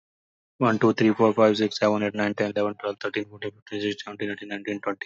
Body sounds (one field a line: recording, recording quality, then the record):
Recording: counting at a normal pace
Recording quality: excellent, no background noise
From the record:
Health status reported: healthy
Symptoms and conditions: none ticked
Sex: male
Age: 35 years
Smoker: not ticked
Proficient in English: yes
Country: India